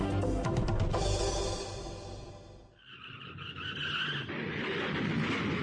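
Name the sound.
car skidding and crashing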